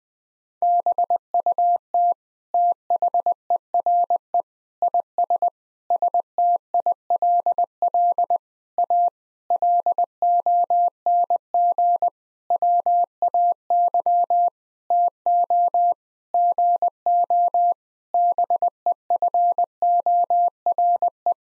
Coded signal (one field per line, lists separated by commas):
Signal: Morse code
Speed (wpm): 20 wpm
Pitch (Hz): 700 Hz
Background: none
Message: BUT THERE IS STILL A LONG WAY TO GO BEFORE